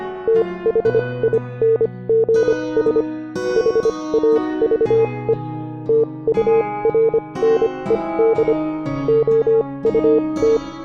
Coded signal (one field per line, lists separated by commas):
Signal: Morse code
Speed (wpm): 25 wpm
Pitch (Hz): 450 Hz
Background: music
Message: THINGS HAVE TURNED OUT